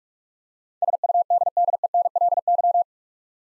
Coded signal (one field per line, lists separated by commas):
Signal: Morse code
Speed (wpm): 47 wpm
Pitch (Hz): 700 Hz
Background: none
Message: SUDDENLY